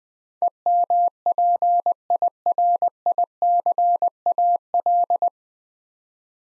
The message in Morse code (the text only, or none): EMPIRICAL